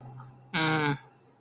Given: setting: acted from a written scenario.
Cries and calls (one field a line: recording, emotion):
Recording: vocal sound without words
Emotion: anger